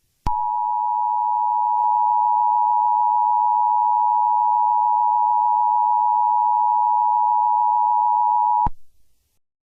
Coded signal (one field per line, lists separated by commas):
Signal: Emergency Alert System (SAME) tones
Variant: 853 and 960 Hz attention tone